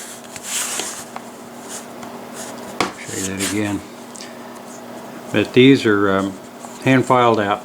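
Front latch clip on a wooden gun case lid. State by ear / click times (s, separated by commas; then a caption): seated / 1.2 s, 2.8 s. The two front latch clips on a finished wooden gun case lid are flipped up and click into place at 1.2 s and 2.8 s, clicking over a small brass pin to hold the lid tight. Light rubbing and handling sounds come between the clicks, and someone talks near the end.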